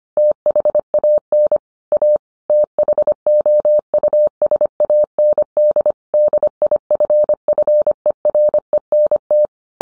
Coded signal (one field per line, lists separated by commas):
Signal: Morse code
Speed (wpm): 25 wpm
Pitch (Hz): 600 Hz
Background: none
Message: THAN A THOUSAND DIFFERENT